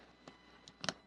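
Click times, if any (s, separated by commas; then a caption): 0.8 s, 0.9 s. After a battery replacement, a metal back cover is pressed onto a watch case, with faint ticks at about 0.3 and 0.7 seconds. It snaps into place with two sharp, bright clicks at 0.8 and 0.9 seconds, and the back cover is seated.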